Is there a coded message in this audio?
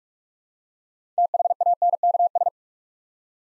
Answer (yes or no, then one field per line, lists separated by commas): yes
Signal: Morse code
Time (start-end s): 1.2-2.5 s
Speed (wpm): 44 wpm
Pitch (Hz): 700 Hz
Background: none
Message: THANKS